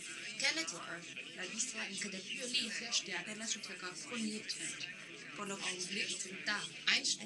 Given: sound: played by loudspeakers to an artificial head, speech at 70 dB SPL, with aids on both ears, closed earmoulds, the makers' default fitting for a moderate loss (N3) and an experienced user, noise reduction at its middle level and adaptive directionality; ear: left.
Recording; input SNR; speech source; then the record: speech test signal (ISTS) in cocktail-party noise; +6 dB; on the right (90 degrees)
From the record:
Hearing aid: class 1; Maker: J